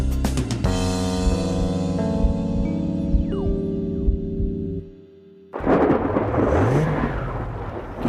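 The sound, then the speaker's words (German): A car engine revs hard while stuck in mud in a forest, a loud droning whine that strains for several seconds, cuts out briefly, then returns as a rough churning roar with a rising and falling pitch. “Vom Gas, Mensch, das bringt doch nichts. Scheiße. Jetzt hör schon auf, wir sinken nur noch tiefer ein.”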